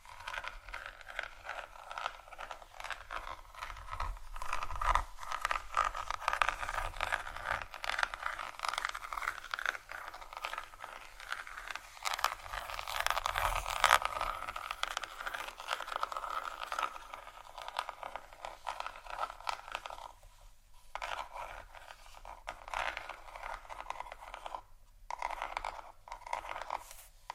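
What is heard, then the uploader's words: Gentle scratching runs nearly without pause, a dense patter of fine, bright strokes centered in the upper middle range. It swells around the middle and thins briefly near 20 and 25 seconds before resuming, with a faint low hum underneath. ASMR Gentle Scratching For Sleep（No Talking）.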